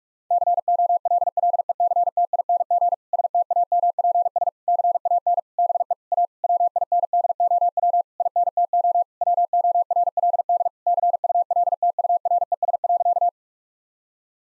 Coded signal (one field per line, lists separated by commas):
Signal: Morse code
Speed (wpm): 48 wpm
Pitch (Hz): 700 Hz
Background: none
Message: COLLECTING STAMPS CAN BE A WINDOW INTO WORLD CULTURES.